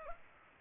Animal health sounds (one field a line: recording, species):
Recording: mosquito wingbeat signal from an infrared sensor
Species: Culex pipiens